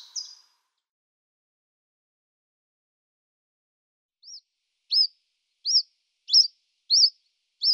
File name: Common Chiffchaff